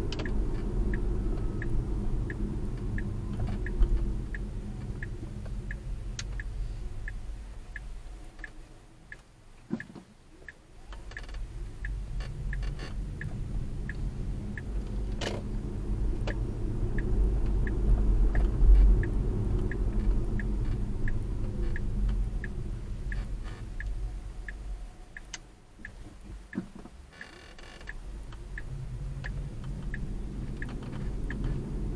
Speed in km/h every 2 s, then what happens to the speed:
32, 24, 15, 0, 0, 13, 23, 32, 39, 31, 16, 10, 0, 0, 16, 34.
0-7 brakes to 0. 7-9 standing. 9-16 pulls away to 39. 16-24 brakes to 0. 24-26 standing. 26-32 pulls away to 34.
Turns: 26-32.